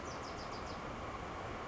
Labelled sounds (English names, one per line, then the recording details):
Bewick's Wren
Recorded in Sonoma County, California